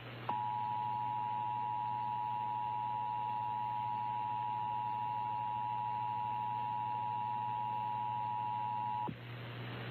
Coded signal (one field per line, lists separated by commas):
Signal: Emergency Alert System (SAME) tones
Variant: 853 and 960 Hz attention tone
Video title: My 10 Favorite EAS Scenarios (With Honorable Mentions)/watching random videos at the end.